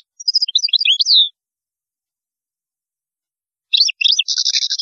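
European goldfinch song: a rapid twittering phrase with a descending slur, silence, then chirps leading into a buzzy trill.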